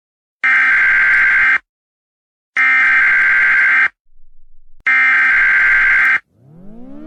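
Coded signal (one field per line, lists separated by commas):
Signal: Emergency Alert System (SAME) tones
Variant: header bursts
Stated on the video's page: Fictional EAS scenario.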